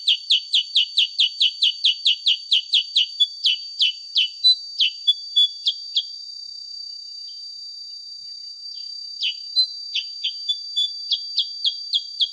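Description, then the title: Sooty-headed bulbul song: a fast train of sharp descending chips for several seconds, a quieter gap, then scattered chips and brief warbled phrases, with a steady high tone. Original natural song offered as a master recording for training songbirds, suited for use as a lure (pancingan) to prompt other birds. "Masteran Kutilang Sutra. SUARA ASLI KUTILANG SUTRA COCOK UNTUK PANCINGAN"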